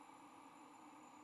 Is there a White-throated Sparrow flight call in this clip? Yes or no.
no